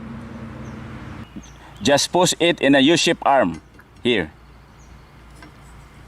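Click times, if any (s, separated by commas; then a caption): none. Someone talks while lining up the rounded hole on a wiper blade adapter with the U-shaped wiper arm hook of a 2015 Honda Civic, Accord or CR-V, ready to push the blade in. There is steady low background hum and a faint brief sound at about 5.4 s. The blade has not clicked or seated yet.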